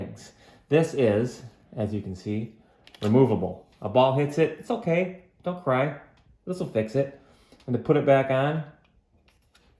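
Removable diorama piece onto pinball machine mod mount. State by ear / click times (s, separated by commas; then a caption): seated / 9.3 s. A removable diorama piece from The Keep on the Border mod for Stern's Dungeons & Dragons pinball machine is put back onto its mount while someone talks. A short tick at 9.3 s marks the piece snapping into place, seated.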